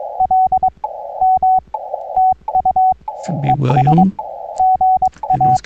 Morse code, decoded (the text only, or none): LM TU ES GA